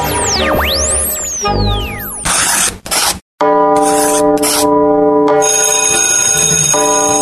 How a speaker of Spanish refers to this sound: Ya tocó la campana.